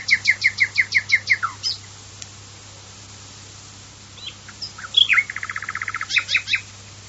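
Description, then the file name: Common nightingale song: a fast series of loud repeated notes, then slurred whistles and a quick chattering trill, over a low steady hum. "usignolo"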